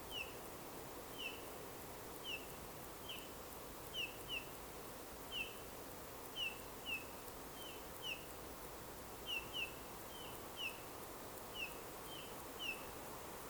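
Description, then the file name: Eurasian bullfinch calls: short, soft, piping whistles that drop slightly in pitch, given singly or in quick pairs, repeated over a steady rushing background. "Pyrrhula pyrrhula"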